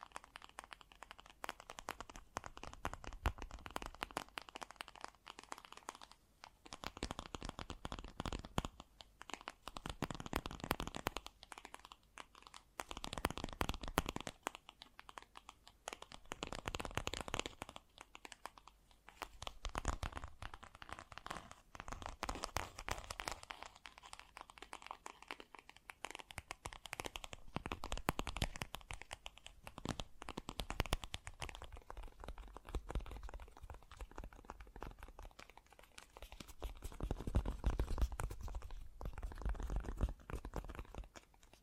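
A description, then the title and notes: Fast, gentle tapping runs through the whole recording as a dense patter of light, crisp clicks with a papery, crinkly edge. The sound swells into brighter, busier bursts every few seconds before settling back to a softer, steady flutter. ASMR Fast & Gentle Tapping for Sleep 1 Hour (No Talking).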